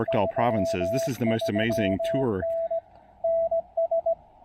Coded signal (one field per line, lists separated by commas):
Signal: Morse code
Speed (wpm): 19 wpm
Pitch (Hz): 690 Hz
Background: speech, radio noise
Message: 33N NS